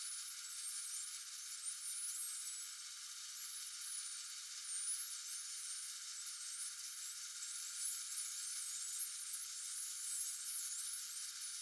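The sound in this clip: Common dolphin whistles, dense bursts of short rising and falling chirps overlapping throughout, heaviest at the start and end, over steady hiss.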